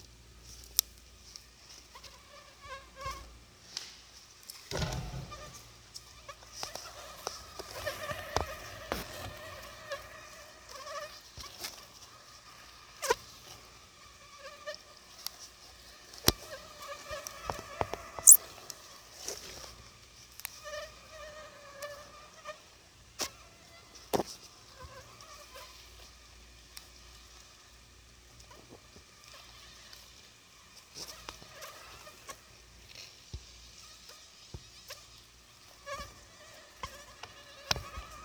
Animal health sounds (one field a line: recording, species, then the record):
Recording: mosquito flight sound by mobile phone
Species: Anopheles gambiae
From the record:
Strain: Akron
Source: CDC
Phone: Sony Xperia